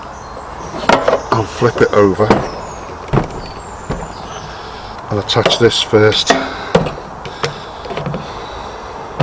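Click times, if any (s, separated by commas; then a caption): none. A portable Cadac Carri Chef 2 gas BBQ with Chef Pan combo is flipped over while an unidentified part is handled against its underside, and someone talks. Sharp knocks and handling sounds are heard, the strongest near 0.9 s, with more at 6.8 s and up to the end. The part has not clicked into place or seated by the end of the clip.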